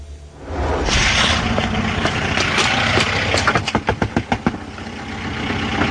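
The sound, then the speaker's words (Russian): A car engine idles steadily as the driver is leaving work, then a quick run of about eight sharp knocks raps on the car's window glass in a brisk, uneven rhythm before the engine hum carries on alone. “Я отъезжал с работы, тут кто-то мне в стекло машины. Ту-ту-ту.”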